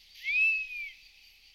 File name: pernis apivorus